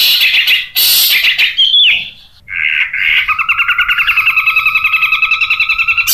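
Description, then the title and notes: Long-tailed shrike song: harsh buzzy bursts and a brief whistled note, then a fast, even rattling trill held for several seconds. Masteran recording of long-tailed shrike (cendet) song for training cage birds, tembakan song style, variation 1. "Suara Burung Cendet Tembakan Variasi 1. Masteran Burung Cendet"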